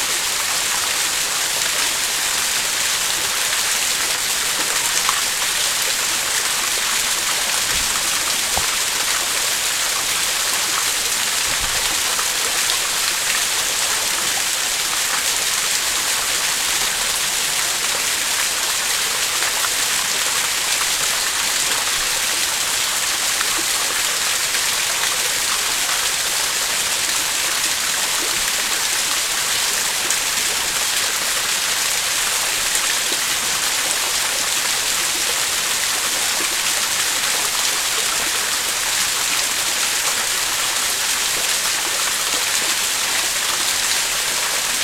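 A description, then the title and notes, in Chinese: A stream runs through deep mountain forest, its water rushing in a steady, dense hiss that never lets up for the whole stretch. The sound is bright and airy with little low rumble, and faint splashes and drips flicker within the constant flow. 深山老林溪水流淌声。深入深山录制的溪水声。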